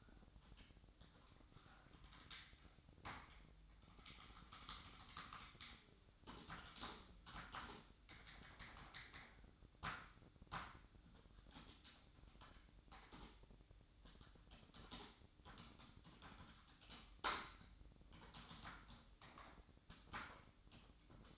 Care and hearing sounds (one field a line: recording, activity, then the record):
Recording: daily activity, microphone in the room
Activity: typing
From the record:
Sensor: 3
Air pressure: 1007.6 hPa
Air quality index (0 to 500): 60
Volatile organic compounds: 1 ppm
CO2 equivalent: 611 ppm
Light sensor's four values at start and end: 12/27/11/12 and 12/27/11/12